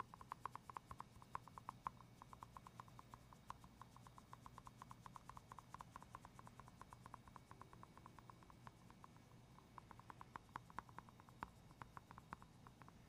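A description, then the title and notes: Gentle tapping and light scratching run steadily through the whole recording, a dense, slightly irregular stream of small sharp clicks with a brighter emphasis around the middle range. A soft low rumble sits underneath throughout, and the level stays even from start to finish. ASMR medium gentle tapping and scratching.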